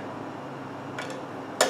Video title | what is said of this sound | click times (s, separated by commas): How To Fletch Arrows | then you turn it you'll hear a click next one turn it here click next one | 1.6 s